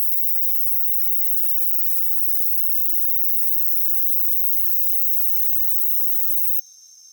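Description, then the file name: Insect trilling hums continuously in high overlapping bands, steady and even, then drops away abruptly just before the end. "Japan Kashiwa Town Night Bug MS"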